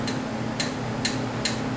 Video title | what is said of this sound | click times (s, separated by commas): Head Gasket & Timing Ford Ranger/Mazda B "How To" | and there's a click | 0.6 s, 1.1 s, 1.5 s